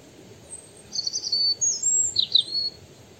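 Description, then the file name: European robin giving a brief sequence of high, thin, slurred notes that jump between pitches, against a faint background hiss. "Erithacus rubecula"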